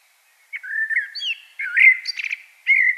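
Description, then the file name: Common blackbird song: a fluted warbling phrase, a rich whistle, then a scratchy high twitter, a new phrase starting at the end. "Turdus merula"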